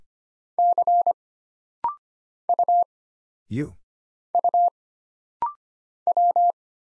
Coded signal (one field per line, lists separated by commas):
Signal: Morse code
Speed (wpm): 25 wpm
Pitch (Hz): 700 Hz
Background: none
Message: C U U W